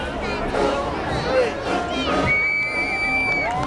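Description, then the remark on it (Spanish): A single steady, high-pitched whistle blast lasting about a second rises over a lively crowd of children and adults chattering and cheering, with excited shouts scattered throughout. Donald Trump blows the whistle to start a children's Easter egg race on the White House lawn. “Este es Donald Trump tocando el silbato para dar la señal a los niños en esa porque carrera.”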